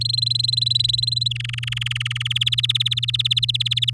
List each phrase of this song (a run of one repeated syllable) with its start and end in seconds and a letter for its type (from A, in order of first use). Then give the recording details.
0.01-1.28 A, 1.30-2.28 B, 2.30-3.90 C. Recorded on 9 May 2018 at 11:58. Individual llb16